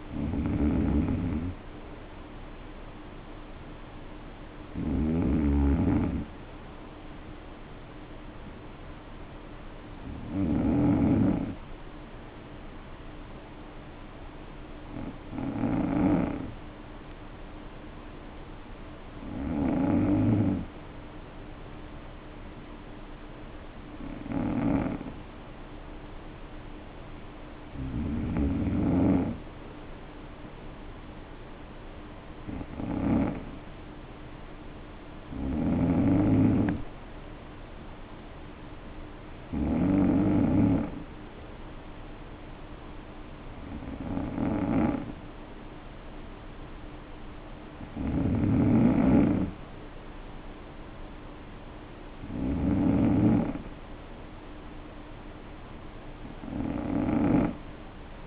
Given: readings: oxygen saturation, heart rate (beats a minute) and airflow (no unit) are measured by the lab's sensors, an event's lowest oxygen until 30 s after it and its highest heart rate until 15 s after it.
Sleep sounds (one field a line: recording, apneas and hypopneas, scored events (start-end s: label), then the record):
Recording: breathing in sleep by a voice recorder at the bedside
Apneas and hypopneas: 1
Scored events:
14.00-32.20 s: hypopnea (N2, oxygen 94% highest, then 91% lowest, heart rate 50 at the start, 56 highest)
From the record:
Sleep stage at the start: N2 (light sleep)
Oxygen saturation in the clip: 91 to 94%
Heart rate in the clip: 50 to 57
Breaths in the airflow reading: 14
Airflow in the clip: -5.5 to 4.6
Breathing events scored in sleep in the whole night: 520 in 7.2 hours asleep